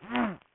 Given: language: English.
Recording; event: throat vibration sensor signal played as sound; throat clearing